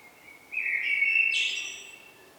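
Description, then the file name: Eurasian blackbird song: a short, smooth whistled phrase that breaks into a high, scratchy twitter at its close. "Turdus merula"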